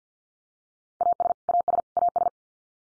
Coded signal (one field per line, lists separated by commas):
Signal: Morse code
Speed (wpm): 50 wpm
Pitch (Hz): 700 Hz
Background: none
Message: AS AS AS